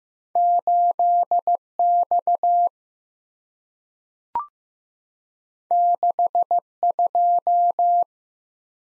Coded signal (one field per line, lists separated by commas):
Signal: Morse code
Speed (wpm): 15 wpm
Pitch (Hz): 700 Hz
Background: none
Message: 8X 62